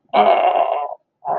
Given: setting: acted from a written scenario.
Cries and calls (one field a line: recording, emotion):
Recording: vocal sound without words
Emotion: pain